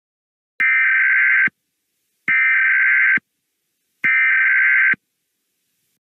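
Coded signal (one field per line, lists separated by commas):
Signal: Emergency Alert System (SAME) tones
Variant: header bursts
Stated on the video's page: Fictional horror-based EAS scenario; not a real alert.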